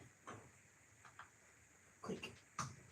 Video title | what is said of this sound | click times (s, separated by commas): Continued - Carby Clean up and Assembly + Q&A | that's what I want to hear the click the click gives me confidence | 0.3 s, 1.2 s, 2.2 s